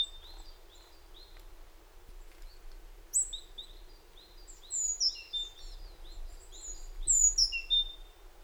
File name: Parus major